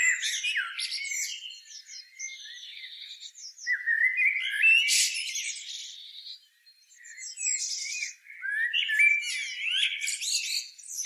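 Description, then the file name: Eurasian blackbird delivering a long run of rich, sliding warbles interspersed with high scratchy twitters, dipping briefly quiet before the warbling resumes. "Turdus merula"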